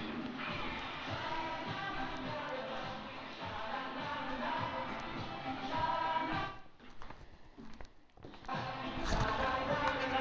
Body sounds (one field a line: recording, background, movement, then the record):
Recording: deep breathing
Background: music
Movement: walking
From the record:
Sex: female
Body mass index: 25.5 kg/m2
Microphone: on the chest, facing outward